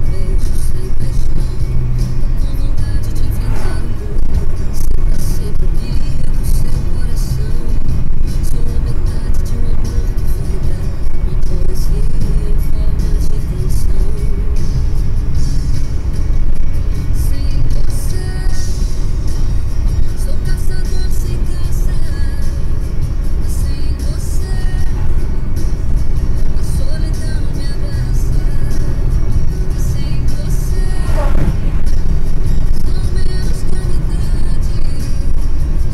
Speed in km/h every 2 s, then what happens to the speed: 100, 104, 106, 103, 104, 106, 104, 101, 101, 99, 98, 100, 103, 106, 108, 108, 107, 102.
0-4 speeds up to 106. 4-21 steady at about 103. 21-29 speeds up to 108. 29-36 slows to 102.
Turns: none.